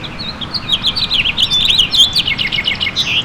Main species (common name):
House Finch